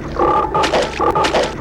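Frog croaking in rough, throaty bursts, several quick grating croaks in under two seconds, with a noisy background.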